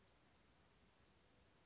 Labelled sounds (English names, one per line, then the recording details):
Western Flycatcher
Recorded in Sonoma County, California